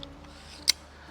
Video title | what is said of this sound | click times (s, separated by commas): TCEK RiseLite Adjustable Height Portable Camping Chair Review | So make sure you open it to the first click on all 4 legs first, just like so. | 0.7 s